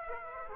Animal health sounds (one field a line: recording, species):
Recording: mosquito wingbeat signal from an infrared sensor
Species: Aedes aegypti